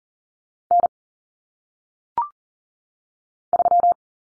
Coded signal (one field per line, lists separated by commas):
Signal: Morse code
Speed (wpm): 40 wpm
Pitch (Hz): 700 Hz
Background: none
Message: N 3